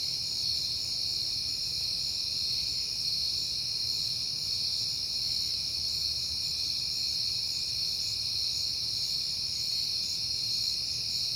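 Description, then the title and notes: Layered cricket trills sound continuously at high pitch, unchanging in rhythm, over a soft steady low drone. Crickets at night in September on a peaceful night; crickets heard often lately. "Night Time: Crickets and Passing Cars. It is September and I have been hearing the crickets a lot, but finally had a peaceful night to make the recording"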